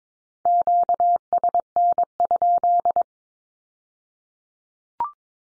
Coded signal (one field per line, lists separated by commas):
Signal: Morse code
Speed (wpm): 22 wpm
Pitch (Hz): 700 Hz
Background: none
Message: QSN?